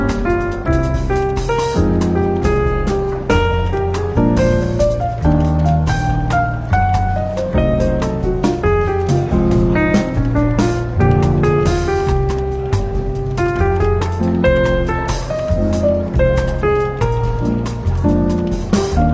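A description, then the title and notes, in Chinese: Soft, relaxed jazz plays steadily throughout, with a warm bass line, sustained chords and a busy pattern of light cymbal and drum hits. The music stays full and even in level, and any café murmur beneath it is hard to pick out. 伦敦书店咖啡馆轻微喧闹氛围与柔和轻松的爵士背景音乐。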